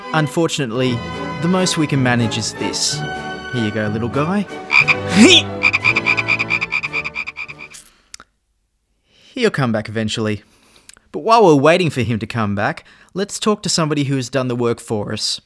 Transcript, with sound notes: Unfortunately, the most we can manage is this. Here you go little guy [Frog croaking] He'll come back eventually, but while we're waiting for him to come back let's talk to somebody who's done the work for us.